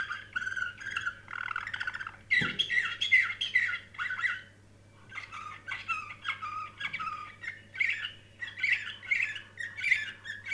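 Canary song of quick twittering bursts and short trills, a brief pause around the middle, then repeated rolling phrases; one thump early on.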